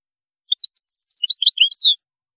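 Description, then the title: European goldfinch song, one short phrase of liquid twittering notes running into a falling, drawn-out slur at the end. "Chant Chardonneret"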